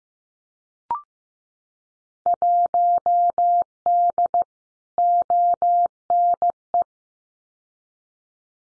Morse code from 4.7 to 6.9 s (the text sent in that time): ONE